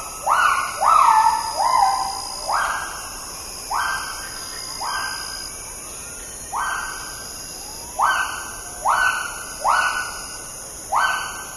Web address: agile gibbon